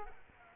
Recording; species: mosquito wingbeat signal from an infrared sensor; Culex quinquefasciatus